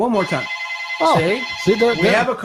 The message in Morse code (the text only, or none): none